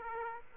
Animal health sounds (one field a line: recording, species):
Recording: mosquito wingbeat signal from an infrared sensor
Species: Aedes aegypti